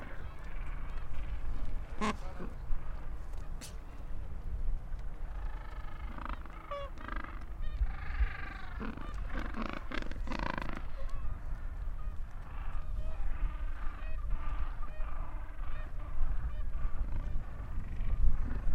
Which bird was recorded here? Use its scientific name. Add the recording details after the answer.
Pygoscelis papua. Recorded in the wild. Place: Port Lockroy (Jougla Point), Antarctica, AQ. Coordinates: -64.49, -63.29. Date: 2018-12-26. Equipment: Olympus LS-100, Sennheiser ME66. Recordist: Beaulieu, Michaël. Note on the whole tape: In Kolonie von Eselspinguinen. Brütende Vögel und kleine Küken